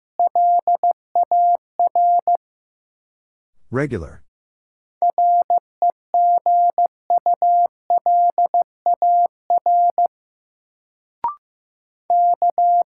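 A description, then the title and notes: A steady mid-pitched tone keys a word in Morse code, short and long beeps in regular groups, broken by a brief swooping voice-like sound near four seconds. Sentences from Top 900 Words - New Word Drill - 15wpm. First, the word is sent in Morse code.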